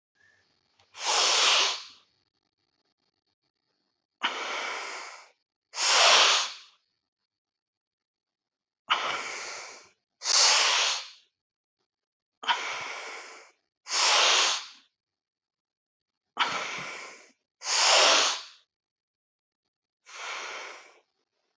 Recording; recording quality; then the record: deep breathing; excellent, no background noise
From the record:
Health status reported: healthy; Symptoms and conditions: none ticked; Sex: male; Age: 40 years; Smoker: not ticked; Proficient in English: yes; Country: India